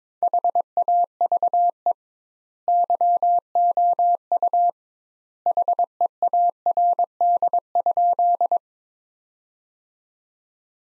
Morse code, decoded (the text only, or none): HAVE YOU HEARD?